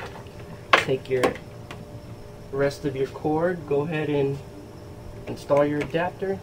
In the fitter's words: making sure it snaps into place